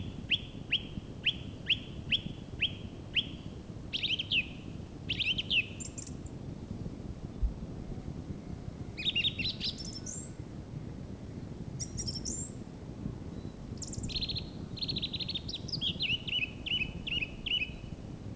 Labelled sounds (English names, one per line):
Song Thrush song